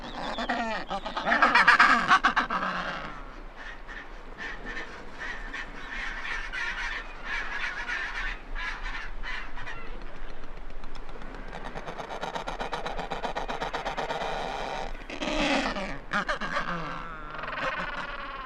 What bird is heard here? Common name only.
Adelie Penguin